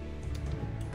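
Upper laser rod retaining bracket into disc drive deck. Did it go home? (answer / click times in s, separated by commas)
no / none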